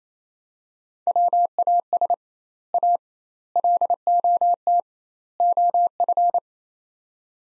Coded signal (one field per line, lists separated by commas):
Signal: Morse code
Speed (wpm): 28 wpm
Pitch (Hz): 700 Hz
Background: none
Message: WAS A LOT OF